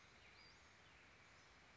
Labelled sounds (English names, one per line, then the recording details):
Western Flycatcher
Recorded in Sonoma County, California